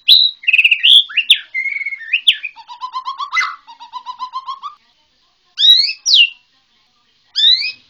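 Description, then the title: White-rumped shama song: mixed warbled whistles, then a long series of short repeated low notes, followed by separate loud whistled phrases. Bornean white-rumped shama. "MURAI BORNEO MAS KIKI"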